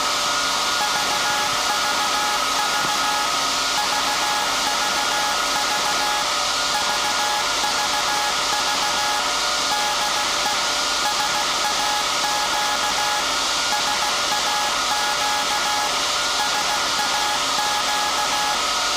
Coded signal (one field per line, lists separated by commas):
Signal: Morse code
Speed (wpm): 16 wpm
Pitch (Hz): 840 Hz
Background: music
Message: VVV VVV VVV DE SAQ SAQ SAQ